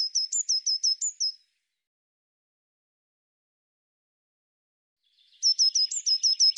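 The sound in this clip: Eurasian blue tit calls: two quick bursts of high, clipped notes with small upward flicks, about seven notes each, separated by a long silent gap, the second burst cut off at the end.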